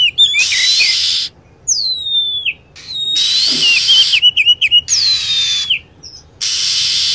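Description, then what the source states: Lovebird calls: piercing descending squeals and quick stuttering chirps, repeated in short runs with loud hissing between them. Lure sound used for attracting lovebirds.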